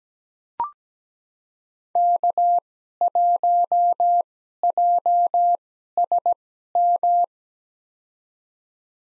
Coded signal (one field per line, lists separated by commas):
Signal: Morse code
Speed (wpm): 17 wpm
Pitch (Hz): 700 Hz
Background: none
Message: K1JSM